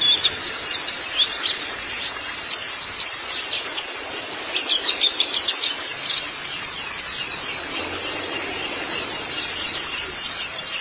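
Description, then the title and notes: White-eye twitter: lively, high, sharp notes tumble over each other almost without gaps. "Kicauan Burung Pleci Durasi Panjang. Suara kicauan burung pleci"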